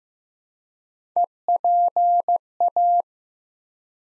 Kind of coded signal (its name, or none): Morse code